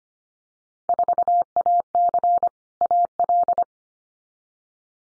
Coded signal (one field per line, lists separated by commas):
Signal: Morse code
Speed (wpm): 25 wpm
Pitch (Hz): 700 Hz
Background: none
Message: 4AC AL